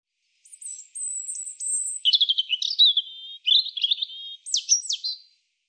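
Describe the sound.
European robin song, a long, sweet, high drawn note sliding into tumbling warbles and quick twittering trills, about five seconds, silent background.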